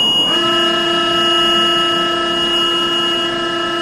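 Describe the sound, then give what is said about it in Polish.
A train simulator's warning signal sounds a loud, steady horn-like tone that starts a moment in and holds unbroken at one mid pitch, rich and buzzy, with no one talking. “A gdzie jest sygnał? O tu.”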